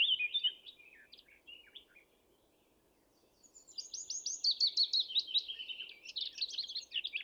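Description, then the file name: Eurasian blackcap song: a few short twittering notes, a quiet gap, then a loud, fast run of rich warbled notes that continues to the end. "Sylvia atricapilla"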